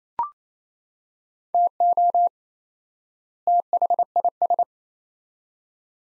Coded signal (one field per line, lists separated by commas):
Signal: Morse code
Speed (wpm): 28 wpm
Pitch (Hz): 700 Hz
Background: none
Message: TO THIS